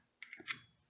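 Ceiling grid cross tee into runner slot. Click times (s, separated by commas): 0.2 s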